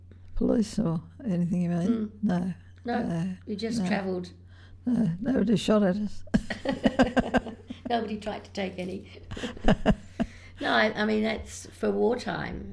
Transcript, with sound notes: Police or anything you mean?
Mmm.
No.
No? You just travelled…?
No, nobody shot at us.
[laughter] Nobody tried to take any. No I mean that’s, for wartime,